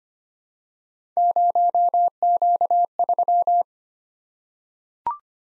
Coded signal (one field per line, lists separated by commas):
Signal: Morse code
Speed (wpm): 25 wpm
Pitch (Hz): 700 Hz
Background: none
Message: 0Q3